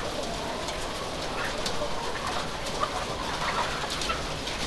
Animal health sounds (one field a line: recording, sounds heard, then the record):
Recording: poultry house recording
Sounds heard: healthy chickens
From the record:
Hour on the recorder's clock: 19